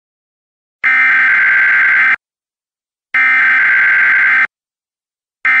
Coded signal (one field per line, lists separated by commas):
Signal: Emergency Alert System (SAME) tones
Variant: header bursts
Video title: EAS Severe Thunderstorm Warning (Morgan, OH and Washington, OH Counties)